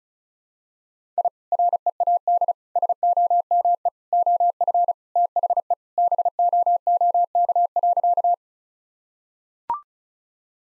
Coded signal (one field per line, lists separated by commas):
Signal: Morse code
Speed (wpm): 34 wpm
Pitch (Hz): 700 Hz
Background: none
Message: I READ SOME OF THE BOOK.